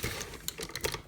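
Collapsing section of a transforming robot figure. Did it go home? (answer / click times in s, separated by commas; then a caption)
no / none. A plastic section of a FansToys FT-16 Sovereign transforming robot figure is handled as it is collapsed all the way in so it will lock into place. Brief, sharp plastic taps and rattles are heard, the strongest near 0.5, 0.8 and 0.9 seconds. Nothing has locked or clicked into place yet when the clip ends.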